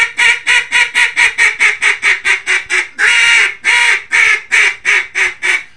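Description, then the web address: Mallard quacking: a loud, steady run of many harsh, nasal quacks, with one longer, drawn-out quack near the middle. "Duck -Mallard"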